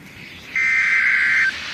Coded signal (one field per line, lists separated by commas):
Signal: Emergency Alert System (SAME) tones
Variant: header bursts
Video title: Severe Thunderstorm Warning For My County And Town (EAS #17)